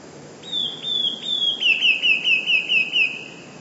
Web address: wroblowe teka 2 spiew. modraszkoteka